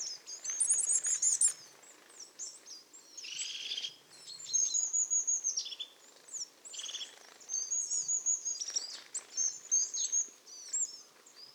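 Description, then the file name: Marsh tit calls: high, thin notes in quick bursts, mixed with lower buzzy notes, repeated in irregular groups throughout. "Poecile palustris"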